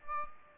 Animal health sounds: mosquito wingbeat signal from an infrared sensor; Aedes aegypti

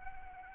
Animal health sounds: mosquito wingbeat signal from an infrared sensor; Anopheles arabiensis

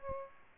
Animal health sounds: mosquito wingbeat signal from an infrared sensor; Aedes albopictus

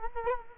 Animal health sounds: mosquito wingbeat signal from an infrared sensor; Culex quinquefasciatus

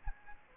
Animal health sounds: mosquito wingbeat signal from an infrared sensor; Aedes aegypti

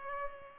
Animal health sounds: mosquito wingbeat signal from an infrared sensor; Culex pipiens

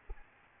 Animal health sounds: mosquito wingbeat signal from an infrared sensor; Aedes albopictus

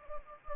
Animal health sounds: mosquito wingbeat signal from an infrared sensor; Anopheles gambiae

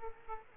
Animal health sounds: mosquito wingbeat signal from an infrared sensor; Aedes aegypti

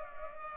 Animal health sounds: mosquito wingbeat signal from an infrared sensor; Culex pipiens

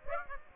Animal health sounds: mosquito wingbeat signal from an infrared sensor; Aedes aegypti

